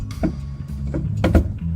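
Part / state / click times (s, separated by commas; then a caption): slotted drain cover in vehicle underbody panel / stripped / 1.2 s, 1.4 s. A flathead screwdriver is set into the worn slot of a small plastic slotted cover over the drain plug in a vehicle's underbody panel, trying to turn it out. The blade slips and scrapes, with sharp clicks at 1.2 s and 1.4 s. The slot is stripped, so the cover will have to be turned by hand or with a wrench.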